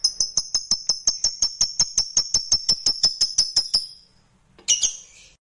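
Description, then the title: Lovebird chirping: a fast, even series of sharp, high chirps for about four seconds, then a pause and one harsher burst. Lovebird sound played to stimulate lovebirds. "Suara Lovebird"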